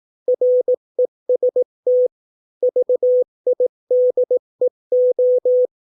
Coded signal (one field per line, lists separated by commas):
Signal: Morse code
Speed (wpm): 18 wpm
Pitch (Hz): 500 Hz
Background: none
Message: REST VIDEO